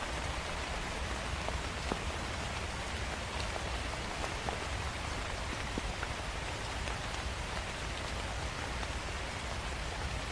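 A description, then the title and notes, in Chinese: Light rain patters steadily on reed leaves, a dense, even hiss that holds at the same level for the whole stretch. Countless tiny drop taps crowd together, with a few slightly crisper hits standing out now and then over a soft low rumble. 悠然芦苇塘：淅淅小雨的夜晚。这是一个夜晚，淅淅小雨轻轻地拍打着芦苇叶。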